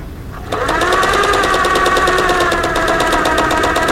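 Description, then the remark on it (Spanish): A sewing machine in a textile factory in Turkey starts up after a brief moment of low rumble, then runs steadily with a fast, even mechanical chatter and a bright whirring hum, loud and continuous with no voices. “Máquina de coser”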